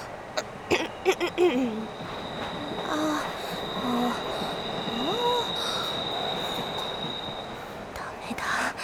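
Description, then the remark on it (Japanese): Loud, constant rumble heard inside a crowded electric train in motion, with wheels clattering over rail joints early on and a steady high whine running through the noise, plus occasional squeals. “電車の音がうるさいし、それに自分の声を自分で聞いても誰の声だかわからない。”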